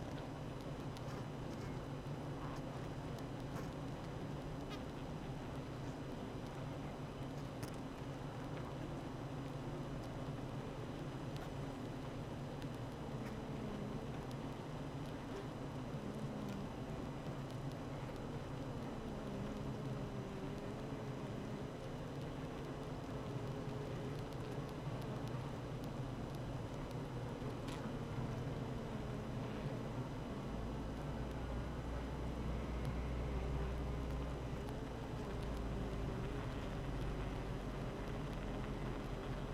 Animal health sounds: honeybee colony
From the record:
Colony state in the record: active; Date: 12 June 2018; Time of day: 8:17

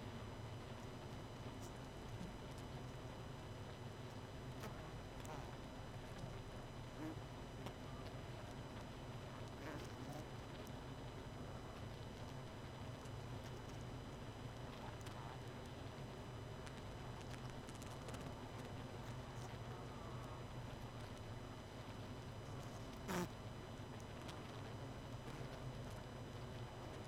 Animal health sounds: honeybee colony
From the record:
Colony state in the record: missing queen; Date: 31 May 2018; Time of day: 23:08

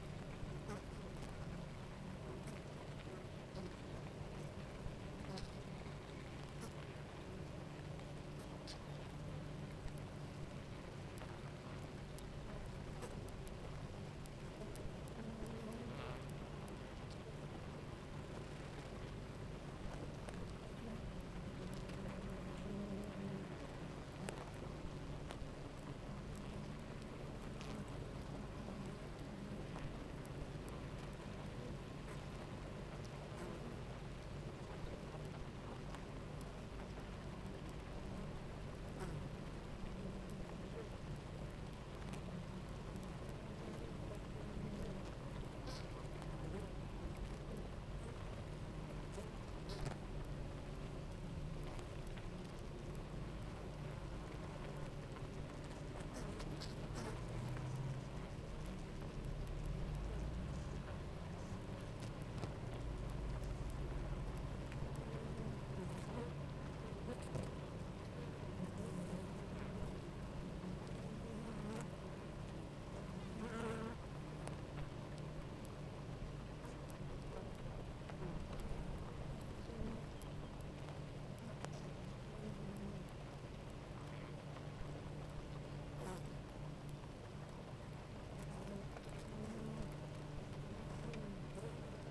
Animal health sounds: honeybee colony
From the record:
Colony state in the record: active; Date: 28 July 2017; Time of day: 10:14

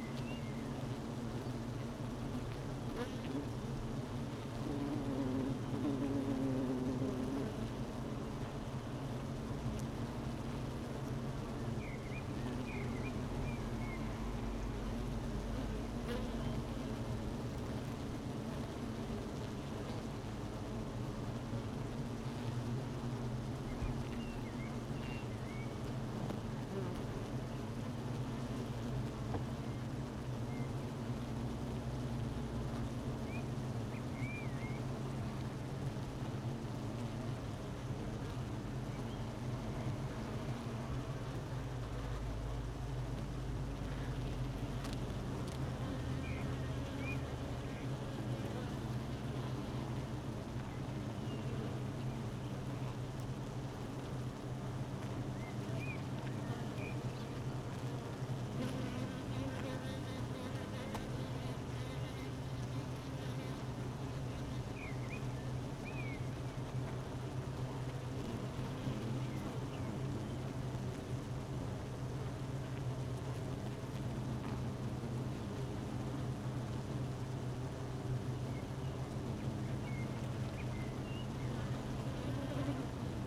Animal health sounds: honeybee colony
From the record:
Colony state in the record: missing queen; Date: 31 May 2018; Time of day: 12:45

